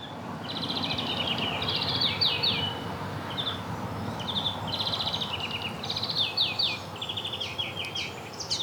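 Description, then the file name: European greenfinch delivering a continuous chain of fast trills and twitters, each phrase a rapid run of repeated notes, against low rumbling background noise. "Chloris chloris"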